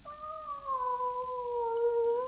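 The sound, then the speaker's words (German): An unfamiliar cat on a terrace gives one long, drawn-out meow with a steady, slightly wavering pitch that slowly dips, sustained for over two seconds with no other sounds around it. “Dieses Miauen, mein Lieber, kommt nicht aus unserer Familie. Es klingt merkwürdig fremd.”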